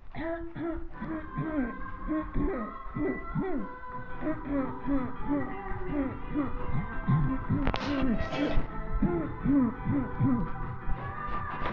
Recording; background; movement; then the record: throat clearing; music; walking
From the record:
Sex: female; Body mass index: 21.8 kg/m2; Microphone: on the chest, facing the body